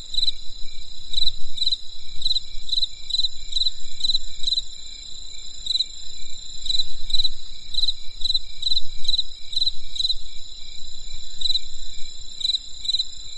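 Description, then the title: Chirping insects: sustained shrill trills layered with brief repeated chirps at an uneven pace, low rumble underneath. Insects calling on a winter night in the countryside; crisp sound. "There was a crisp sound of insects in the winter night. Come and experience a sound therapy feast from the countryside"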